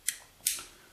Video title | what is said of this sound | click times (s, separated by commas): S&W Bodyguard 380 Disassembly & Reassembly | now what you want to do is work that pin back and forth until it snaps in as you just heard it snap in | 0.5 s